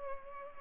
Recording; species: mosquito wingbeat signal from an infrared sensor; Culex pipiens